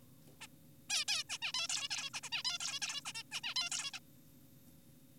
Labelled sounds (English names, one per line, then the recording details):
Zebra Finch
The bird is an adult
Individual g4p5U